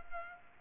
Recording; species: mosquito wingbeat signal from an infrared sensor; Culex pipiens